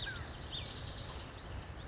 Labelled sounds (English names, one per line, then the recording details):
Spotted Towhee
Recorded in Sonoma County, California